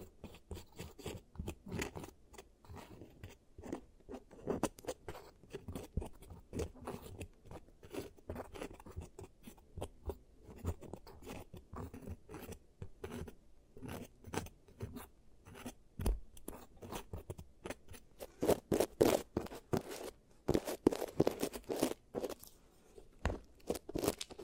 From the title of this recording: ASMR Giant Teeth Treatment, Fixing Your Cavities